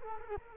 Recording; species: mosquito wingbeat signal from an infrared sensor; Culex quinquefasciatus